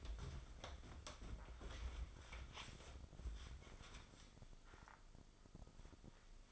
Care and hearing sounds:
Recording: daily activity, microphone in the room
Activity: wipe stove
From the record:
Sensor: 5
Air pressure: 996.2 hPa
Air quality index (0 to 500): 98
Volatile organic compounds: 6 ppm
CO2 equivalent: 1876 ppm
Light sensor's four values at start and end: 35/82/34/36 and 34/81/33/35

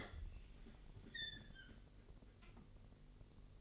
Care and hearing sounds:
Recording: daily activity, microphone in the room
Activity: open fridge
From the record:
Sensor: 4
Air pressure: 1002.7 hPa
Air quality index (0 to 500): 240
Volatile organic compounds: 17 ppm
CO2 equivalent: 2565 ppm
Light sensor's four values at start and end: 5/11/4/4 and 4/10/4/4

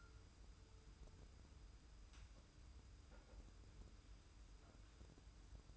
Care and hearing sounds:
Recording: daily activity, microphone in the room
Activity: wipe stove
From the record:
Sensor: 2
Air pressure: 990.4 hPa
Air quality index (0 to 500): 200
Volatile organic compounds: 1000 ppm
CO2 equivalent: 6401 ppm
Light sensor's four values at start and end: 32/76/31/31 and 32/76/31/31

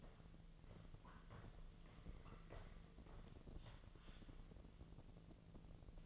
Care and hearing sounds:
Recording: daily activity, microphone in the room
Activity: walk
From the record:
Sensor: 4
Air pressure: 1006.3 hPa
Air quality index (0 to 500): 85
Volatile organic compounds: 2 ppm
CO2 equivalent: 1052 ppm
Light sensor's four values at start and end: 12/27/10/10 and 12/27/10/10

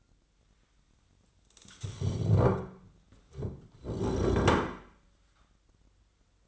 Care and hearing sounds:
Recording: daily activity, microphone in the room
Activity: stand up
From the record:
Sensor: 3

